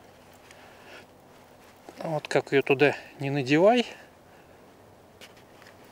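A plastic mount is pushed repeatedly onto a copy knife sheath while someone talks over faint background noise. No click is heard, and the mount has not clicked into place on the copy sheath.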